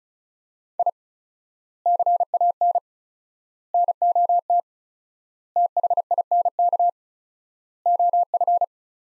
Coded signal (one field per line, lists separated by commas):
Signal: Morse code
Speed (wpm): 34 wpm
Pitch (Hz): 700 Hz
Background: none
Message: I CAN NOT THINK OF